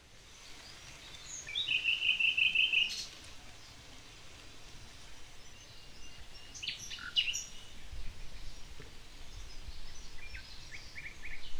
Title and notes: Este ruiseñor se hacia oir un dia de Tramuntana en el pueblo de Riumors